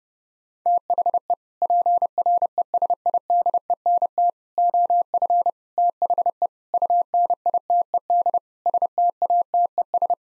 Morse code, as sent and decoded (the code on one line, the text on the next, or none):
- .... . / .--. .-. . ... .. -.. . -. - / --- ..-. / - .... . / ..- -. .. - . -.. / ... - .- - . ...
THE PRESIDENT OF THE UNITED STATES